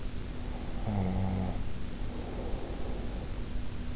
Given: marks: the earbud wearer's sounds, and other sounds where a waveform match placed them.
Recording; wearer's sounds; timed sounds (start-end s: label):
sounds in sleep by an in-ear microphone; snoring breath
0.26-3.58 s: snoring breath